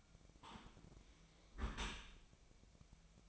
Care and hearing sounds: daily activity, microphone in the room; close dishwasher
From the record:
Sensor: 1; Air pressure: 1003.1 hPa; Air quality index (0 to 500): 196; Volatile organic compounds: 6 ppm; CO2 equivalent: 1870 ppm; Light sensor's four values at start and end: 18/45/19/22 and 18/46/19/23

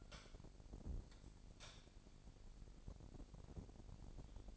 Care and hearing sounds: daily activity, microphone in the room; light on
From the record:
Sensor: 5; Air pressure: 1012.0 hPa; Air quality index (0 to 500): 248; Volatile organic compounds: 4 ppm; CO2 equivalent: 1702 ppm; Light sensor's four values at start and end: 41/94/40/42 and 42/100/41/44

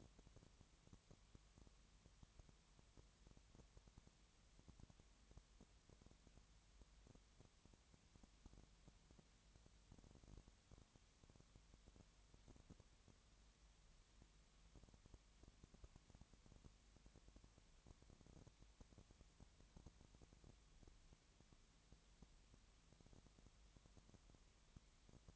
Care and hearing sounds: daily activity, microphone in the room; no activity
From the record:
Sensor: 3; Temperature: 20.6 degrees Celsius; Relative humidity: 34.7%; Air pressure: 1007.2 hPa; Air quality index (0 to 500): 136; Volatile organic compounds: 3 ppm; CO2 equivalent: 1519 ppm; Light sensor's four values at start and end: 2/3/2/2 and 2/3/2/2

